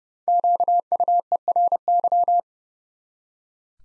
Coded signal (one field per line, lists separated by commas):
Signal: Morse code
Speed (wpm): 30 wpm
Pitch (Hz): 700 Hz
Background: none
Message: QUERY